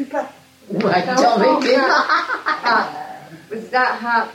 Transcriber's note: laughs